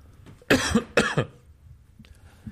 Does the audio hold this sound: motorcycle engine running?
no